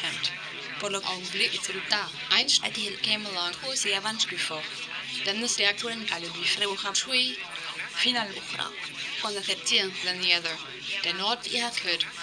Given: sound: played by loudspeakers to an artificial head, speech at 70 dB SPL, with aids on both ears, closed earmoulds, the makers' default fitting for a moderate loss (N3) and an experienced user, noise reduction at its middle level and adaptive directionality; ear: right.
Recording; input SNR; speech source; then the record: speech test signal (ISTS) in cocktail-party noise; +6 dB; on the right (90 degrees)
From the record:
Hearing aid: class 2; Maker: A